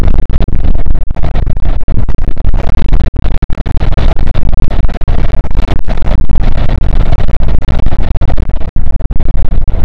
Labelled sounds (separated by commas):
wind